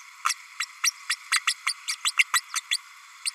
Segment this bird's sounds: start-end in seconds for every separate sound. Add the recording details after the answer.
0.26-0.34, 0.59-0.66, 0.83-0.91, 1.09-1.15, 1.32-1.39, 1.47-1.54, 1.66-1.74, 1.87-1.95, 2.04-2.12, 2.19-2.24, 2.33-2.41, 2.55-2.60, 2.71-2.77, 3.25-3.31. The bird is a female. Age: 32 days. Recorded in a nest box in Venezuela. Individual 17B32A5